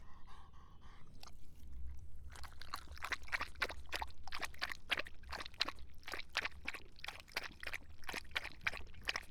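Dog drinking, steady rhythmic lapping of water after a short quiet start, over a low rumble.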